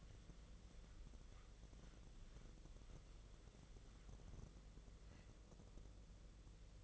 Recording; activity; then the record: daily activity, microphone in the room; wipe stove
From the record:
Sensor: 4